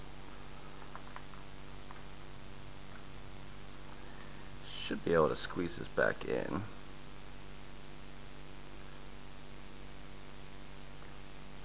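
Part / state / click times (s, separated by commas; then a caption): plastic part snapped back onto the RC car chassis / not seated / none. A plastic part is squeezed back into position on the chassis of a Losi 8E 1/8 electric RC buggy during a spur gear replacement. A few faint clicks come early at about 1.0, 1.2 and 1.9 seconds, and someone talks around 5 to 6.5 seconds. Nothing has seated or snapped into place yet.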